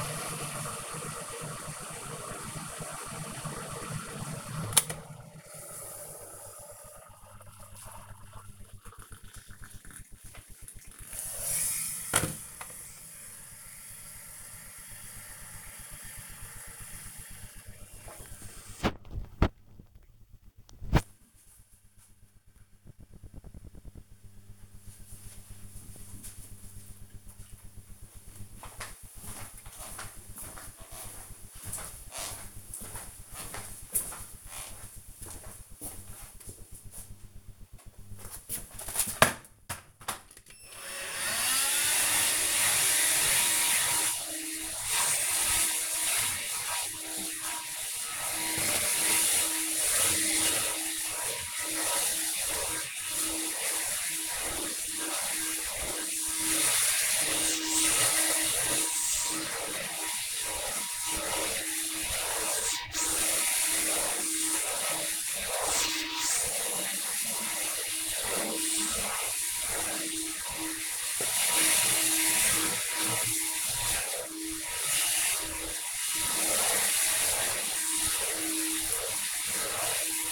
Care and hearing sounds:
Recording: household activities, microphone on the right wrist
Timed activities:
0.00-17.49 s: making tea
37.56-80.32 s: vacuum cleaning

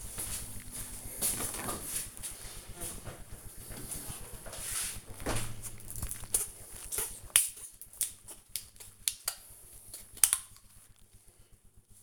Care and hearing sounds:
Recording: household activities, microphone on the right wrist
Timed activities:
6.23-12.03 s: drinking

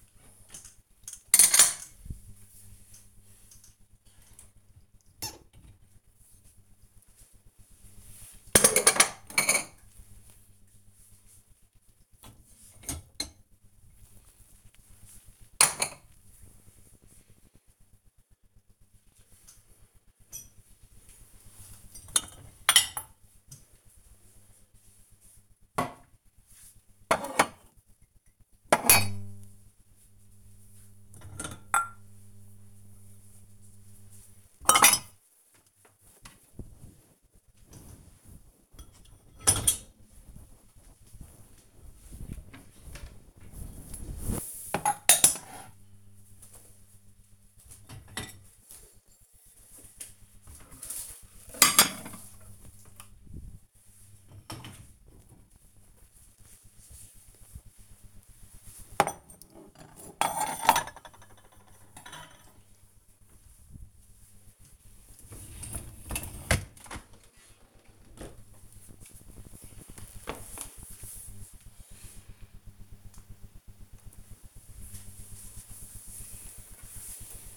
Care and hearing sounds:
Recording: household activities, microphone on the right wrist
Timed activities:
0.00-67.70 s: cleaning out the dishwasher

